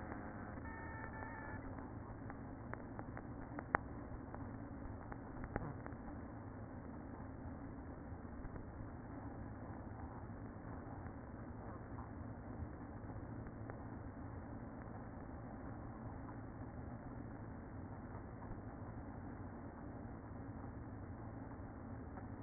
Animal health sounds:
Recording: honeybee colony, microphone inside the hive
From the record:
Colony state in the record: queen present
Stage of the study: after two queens were removed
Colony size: about 60,000 bees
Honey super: yes

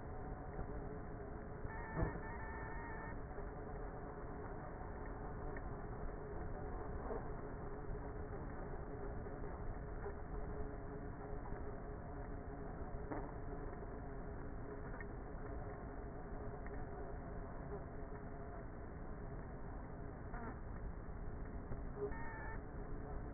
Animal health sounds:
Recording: honeybee colony, microphone inside the hive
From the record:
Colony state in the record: queenless with a low population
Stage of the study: before two queens were removed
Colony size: about 30,000 bees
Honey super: no

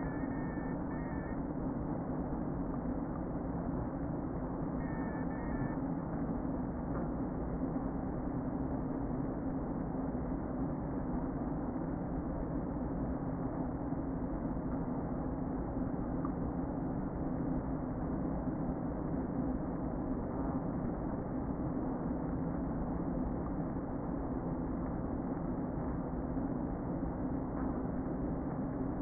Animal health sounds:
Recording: honeybee colony, microphone inside the hive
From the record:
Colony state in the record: queen present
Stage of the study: before two queens were removed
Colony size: about 60,000 bees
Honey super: yes

